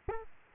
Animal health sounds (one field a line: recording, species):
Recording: mosquito wingbeat signal from an infrared sensor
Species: Aedes albopictus